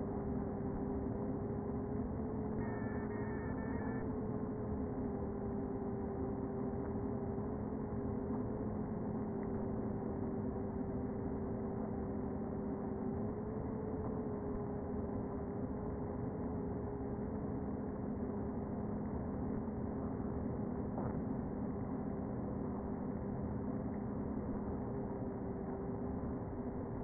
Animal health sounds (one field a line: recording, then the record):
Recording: honeybee colony, microphone inside the hive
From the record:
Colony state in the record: queen present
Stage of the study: before two queens were removed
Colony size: about 60,000 bees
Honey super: yes